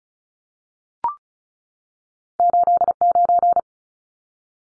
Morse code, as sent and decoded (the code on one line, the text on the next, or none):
---.. ----.
89